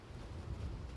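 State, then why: Not seated. The barrel clamping lever on a Bushmaster ACR rifle receiver is taken down and pulled over a little to re-tighten the barrel, which had been coming loose and scattering shots. Only a steady low, wind-like rumble is heard, with no sharp sounds. Nothing has clicked yet.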